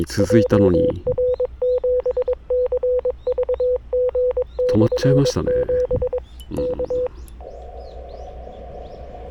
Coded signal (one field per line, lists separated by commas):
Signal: Morse code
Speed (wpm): 22 wpm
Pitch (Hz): 500 Hz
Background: speech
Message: JR7CVG/7 K